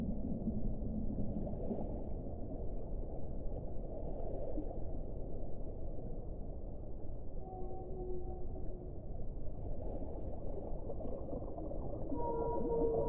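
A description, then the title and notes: Whales sing underwater over a dense, steady low rumble and hiss that fills the whole clip. Faint tonal calls rise out of the murk, a short pair near eight seconds and clearer, higher whistling notes building toward the end. Underwater singing for relaxation. Whales.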